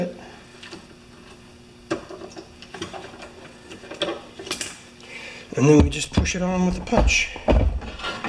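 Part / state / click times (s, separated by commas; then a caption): part pushed onto the axle of a lawn tractor transmission / not seated / none. A part is handled at the geared axle of a Honda lawn tractor transmission that won't pull backwards, about to be pushed on with a punch. Someone talks while small knocks and taps sound around 2.6–2.8 s, 4.0 s and 4.5–4.6 s. Nothing has seated or clicked yet when the clip ends.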